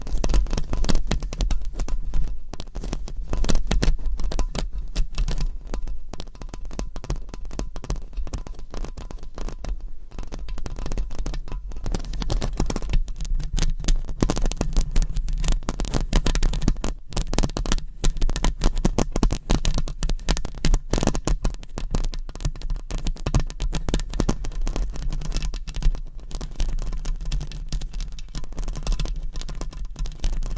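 Long nails scratch continuously against a microphone, a dense, rapid rasp with a steady low rumble and frequent sharp crackles throughout.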